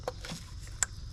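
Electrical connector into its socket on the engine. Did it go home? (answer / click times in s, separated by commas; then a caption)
yes / 0.8 s. A plastic electrical connector is pushed into its socket on the 3.6L V6 Pentastar engine of a 2012 Chrysler 300 during an oil filter housing change. After a couple of softer handling taps near 0.1 and 0.3 s, a sharp click sounds at 0.8 s as the connector seats fully home.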